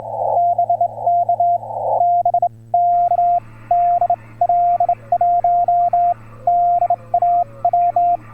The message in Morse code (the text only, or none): BK BK DL1DAW